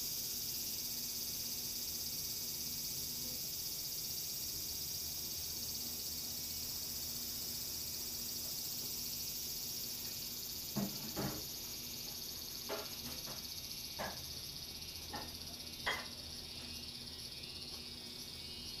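Cicadas drone loudly and steadily in a garden, a dense, bright hiss that eases slightly toward the end. A faint low hum sits underneath. From about ten seconds on, several sharp clicks or knocks break in at irregular intervals.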